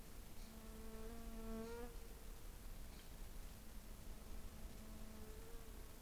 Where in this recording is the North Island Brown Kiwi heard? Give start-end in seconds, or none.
none